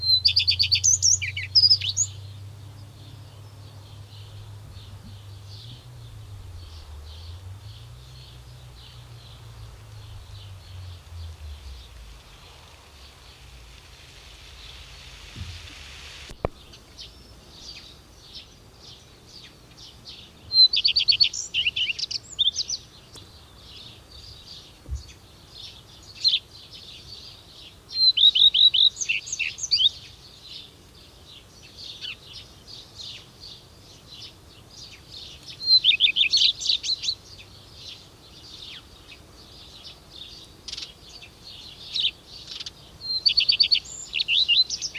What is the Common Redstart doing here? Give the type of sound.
song